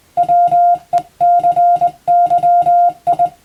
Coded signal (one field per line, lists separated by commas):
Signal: Morse code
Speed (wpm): 20 wpm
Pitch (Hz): 700 Hz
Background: music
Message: WECYI